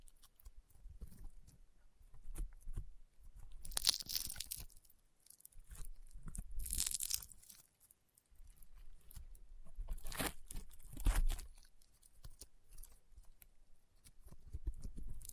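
Crunchy, popping slime is squeezed and pressed, giving irregular bursts of crackling. Bright crunches stand out near 4, 7, 10 and 11 seconds, with softer sticky crackles and low thumps between them and a brief near-silence around 8 seconds.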